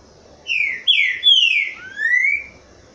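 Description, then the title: Green-winged Saltator song: a run of strong whistled notes, mostly sliding down in pitch, ending in a drawn-out upward-rising whistle, against a quiet background. Captive bird singing the boiadeiro song style, used to warm up trinca-ferro. "TRINCA FERRO CANTANDO BOIADEIRO - ESQUENTAR TRINCA FERRO"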